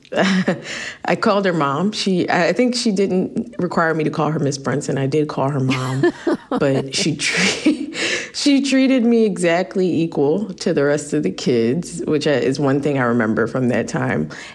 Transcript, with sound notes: I called her mom. She - I think she didn't require me to call her Ms. Brunson.
(Laughter).
I did call her mom. But she treated me exactly equal to the rest of the kids, which is one thing I remember from that time.